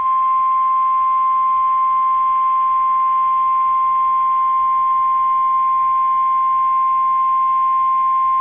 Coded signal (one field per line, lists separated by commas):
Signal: Emergency Alert System (SAME) tones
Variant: 1050 Hz attention tone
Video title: (EAS Audio) PDS Tornado Warning in Michigan (3/14/19)